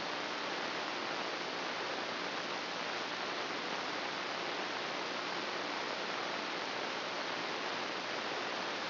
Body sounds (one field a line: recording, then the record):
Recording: brain microelectrode recording played as sound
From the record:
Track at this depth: inside the subthalamic nucleus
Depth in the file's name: 1.33 mm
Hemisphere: right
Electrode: 2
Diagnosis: Parkinson's disease